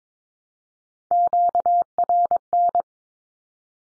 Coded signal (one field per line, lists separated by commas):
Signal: Morse code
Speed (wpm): 22 wpm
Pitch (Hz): 700 Hz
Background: none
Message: QRN